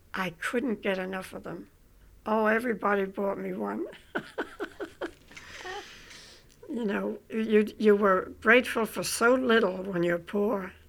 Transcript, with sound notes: I couldn't get enough of them. Oh, everybody bought me one. (They laugh.) You know, you're grateful for so little when you're poor.